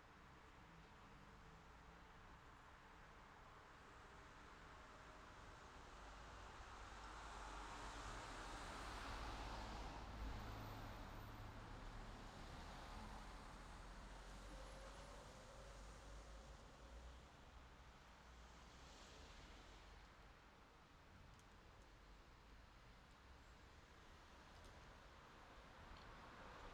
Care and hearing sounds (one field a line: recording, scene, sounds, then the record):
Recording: everyday scene through a hearing-aid microphone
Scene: in traffic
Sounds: traffic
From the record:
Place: city secondary road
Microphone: in the ear canal, left